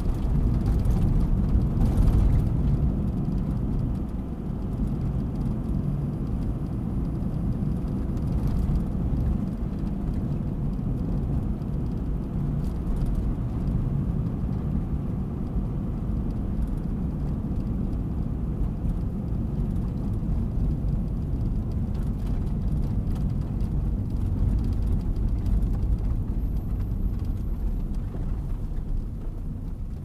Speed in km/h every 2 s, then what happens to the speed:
48, 48, 48, 47, 45, 48, 46, 46, 44, 43, 40, 38, 34, 26, 19.
0-11 steady at about 48. 11-30 slows to 19.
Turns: none.